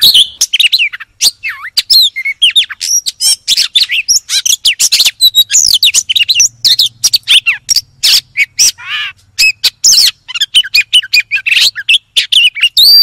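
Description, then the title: Magpie-robin pouring out a rapid string of high chirps, whistled slurs and sharp clicks, with a low hum faintly underneath. "Kacer"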